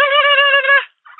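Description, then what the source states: Wild turkey giving one loud, steady harmonic call lasting under a second with a slight waver, followed by a short, faint trailing burst. Tom, recorded in 2019.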